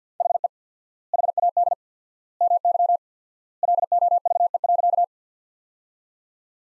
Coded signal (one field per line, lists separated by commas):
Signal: Morse code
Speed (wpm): 50 wpm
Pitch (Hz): 700 Hz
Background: none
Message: HE HAD MY LOVE.